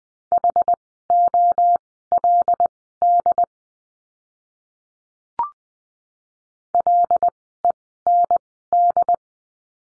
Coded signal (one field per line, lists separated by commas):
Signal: Morse code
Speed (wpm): 20 wpm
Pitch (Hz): 700 Hz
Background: none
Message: HOLD LEND